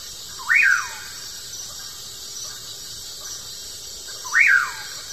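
Common pauraque song: two clear, slurred whistles that sweep sharply up then fall away, spaced about four seconds apart over a steady background hiss.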